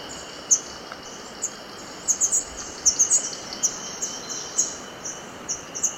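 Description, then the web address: Vermilion tanager giving sharp, very high chip notes, scattered singly and in quick clusters, over a steady background hiss. Recorded in Ecuador. "Birds of Ecuador. Vermilion Tanager"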